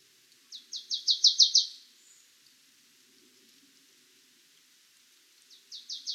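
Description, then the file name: Marsh tit: a quick run of several sharp, evenly spaced notes, a pause of several seconds, then another similar run starting. "Poecile palustris"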